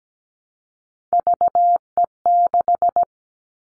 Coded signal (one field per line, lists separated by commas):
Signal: Morse code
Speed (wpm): 17 wpm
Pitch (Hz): 700 Hz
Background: none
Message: VE6